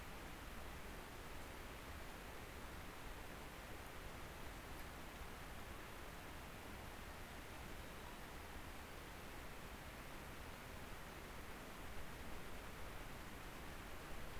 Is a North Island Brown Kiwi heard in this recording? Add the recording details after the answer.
no. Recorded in New Zealand on 19 October 2013. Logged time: 01:58. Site CR37